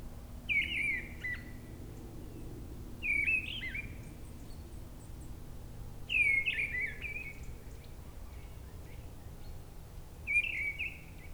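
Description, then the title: Mistle Thrush singing four short whistled phrases separated by pauses, over a low background drone. Singing high at the top of a tree at a forest edge near Brison-Saint-Innocent, France; Sunday, grey weather, 10°C; frequent aircraft passing from a nearby airport. "Brison-Saint-Innocent, France - Grive draine"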